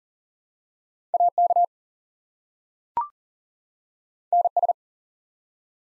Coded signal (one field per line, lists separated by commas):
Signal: Morse code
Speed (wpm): 39 wpm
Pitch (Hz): 700 Hz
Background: none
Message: AK NS